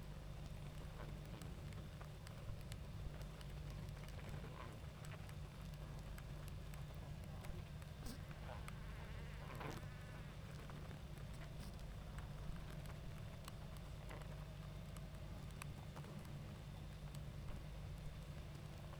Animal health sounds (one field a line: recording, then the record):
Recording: honeybee colony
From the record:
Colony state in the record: active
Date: 28 July 2017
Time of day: 20:49